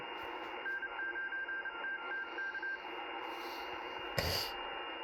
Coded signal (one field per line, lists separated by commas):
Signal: Morse code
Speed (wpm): 29 wpm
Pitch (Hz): 1600 Hz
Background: radio noise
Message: N9TTK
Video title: Testing the icom ic751a ham radio more. seems on frequency